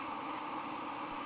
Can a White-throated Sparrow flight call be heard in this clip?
no